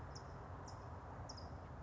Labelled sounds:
California Towhee (Melozone crissalis)
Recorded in Sonoma County, California

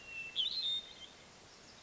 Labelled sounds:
Hermit Thrush (Catharus guttatus)
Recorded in Sonoma County, California

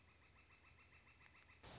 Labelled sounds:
Northern Flicker (Colaptes auratus)
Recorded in Sonoma County, California

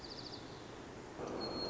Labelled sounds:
White-crowned Sparrow (Zonotrichia leucophrys)
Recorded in Sonoma County, California

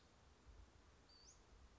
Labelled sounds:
Western Flycatcher (Empidonax difficilis)
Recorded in Sonoma County, California

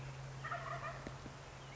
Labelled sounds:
Wild Turkey (Meleagris gallopavo)
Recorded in Sonoma County, California

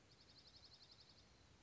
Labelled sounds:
Dark-eyed Junco (Junco hyemalis)
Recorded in Sonoma County, California

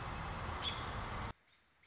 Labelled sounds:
American Robin (Turdus migratorius)
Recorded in Sonoma County, California

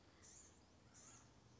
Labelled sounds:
Blue-gray Gnatcatcher (Polioptila caerulea)
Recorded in Sonoma County, California

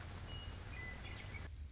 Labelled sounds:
Western Meadowlark (Sturnella neglecta)
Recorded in Sonoma County, California

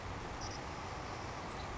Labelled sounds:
Savannah Sparrow (Passerculus sandwichensis)
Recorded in Sonoma County, California

